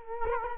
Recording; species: mosquito wingbeat signal from an infrared sensor; Culex quinquefasciatus